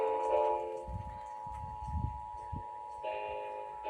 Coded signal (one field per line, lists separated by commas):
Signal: Emergency Alert System (SAME) tones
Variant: 853 and 960 Hz attention tone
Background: speech, music